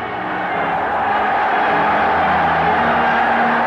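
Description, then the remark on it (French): A large crowd applauds and cheers in a steady, loud roar, with a dense wash of clapping and mingled voices holding constant for several seconds, in response to athletes giving the Olympic salute with an outstretched arm. “Ce geste déclenche les applaudissements de la foule qui prend ce salut pour le salut hitlérien et l'interprète comme un hommage chevaleresque adressé au Troisième Reich et à son chef.”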